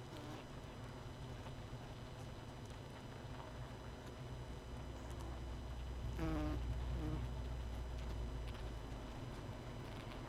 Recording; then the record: honeybee colony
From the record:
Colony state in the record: missing queen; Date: 31 May 2018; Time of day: 19:19